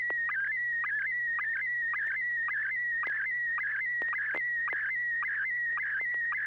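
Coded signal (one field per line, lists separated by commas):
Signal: SSTV (slow-scan television)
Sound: steady warbling high tone with quick regular chirps and blips, like a scanning image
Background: low hum, FM radio hiss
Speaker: All right, here we go. N6YG.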